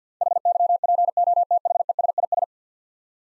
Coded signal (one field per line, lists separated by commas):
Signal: Morse code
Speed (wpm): 50 wpm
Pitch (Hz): 700 Hz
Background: none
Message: HYPOTHESIS